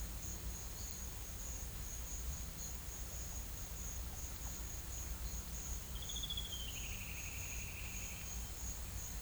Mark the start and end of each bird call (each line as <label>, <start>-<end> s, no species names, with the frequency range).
bird call (1.7-4.0 kHz), 5.88-8.37 s